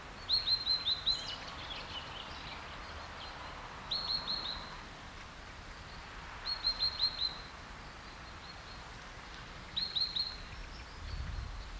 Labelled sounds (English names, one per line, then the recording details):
Great Tit
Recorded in the wild
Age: adult
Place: Treuchtlingen, Naturpark Altmühltal, Bayern, DE
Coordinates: 48.96, 10.91
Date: 1993-09-17
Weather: 14°C, Sonnig
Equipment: Marantz CP 430, Sennheiser MKH 416 T, Kopie Uher Variocord 263
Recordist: Tembrock, Günter